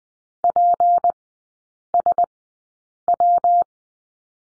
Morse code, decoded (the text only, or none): PSW